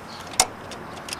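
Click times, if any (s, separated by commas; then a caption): none. A rotor is inserted into a diesel injection pump housing and turned, but it does not drop into place. Two short metal-on-metal clunks are heard, a sharp one at 0.4 s and a softer one at 1.1 s, over low background noise. Nothing has seated or clicked yet.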